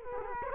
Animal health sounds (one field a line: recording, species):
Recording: mosquito wingbeat signal from an infrared sensor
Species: Culex quinquefasciatus